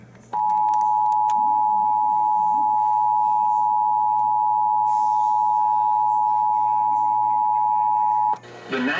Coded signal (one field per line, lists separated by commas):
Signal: Emergency Alert System (SAME) tones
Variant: 853 and 960 Hz attention tone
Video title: TROP-OH NO! EAS Alerts from (6/14-15/21) (EAS 5061-5091)